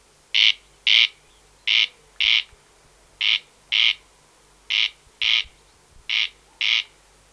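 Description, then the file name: Corn crake song: dry, rasping double notes, crex-crex, each pair about half a second apart, repeated steadily roughly every one and a half seconds over a quiet background. "Wachtelkönig Crex crex - Gesang (Bergmann)"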